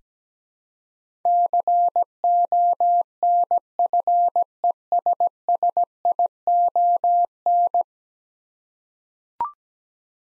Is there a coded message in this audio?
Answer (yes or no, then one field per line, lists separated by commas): yes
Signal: Morse code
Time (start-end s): 1.3-7.8 s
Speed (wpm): 17 wpm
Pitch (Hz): 700 Hz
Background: none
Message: CONFESSION